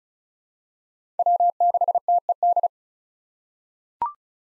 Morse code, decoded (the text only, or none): W6TED